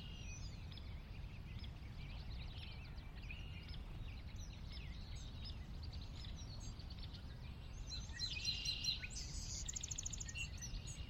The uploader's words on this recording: Sinlahekin Valley post-dawn morning. The valley itself is a 16 mile long, 1/2-mile wide glacier-dug trench near the Northeastern slope of the Cascades. I've not filtered any of the water wash in these recordings.